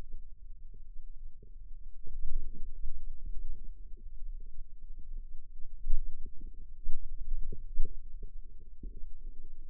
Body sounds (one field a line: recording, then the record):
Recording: forearm muscle sounds (acoustic myography)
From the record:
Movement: inward rotation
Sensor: system 2, bracelet of six BSWA MPA416 microphones around the upper forearm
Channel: 2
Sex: female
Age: 22 years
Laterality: right